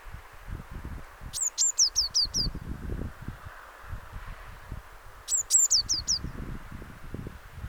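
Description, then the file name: Eurasian blue tit calling in two brief high, sharp trilled bursts over low rumbling noise. "Cyanistes caeruleus"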